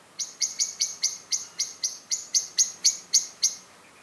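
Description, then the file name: Common blackbird repeating a hard, metallic chink about four times a second, steady and insistent throughout, with a quiet background. "Turdus merula"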